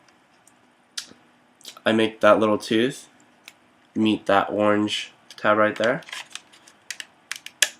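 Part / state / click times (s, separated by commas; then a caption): sliding sight tooth into orange tab on toy blaster rail / seated / 7.6 s. On a Nerf Alpha Trooper foam dart blaster, a small plastic tooth on the sliding sight is lined up with an orange tab and pushed along the rail while someone talks. A few faint plastic ticks come before a sharp plastic snap at 7.6 s as the sight locks into place.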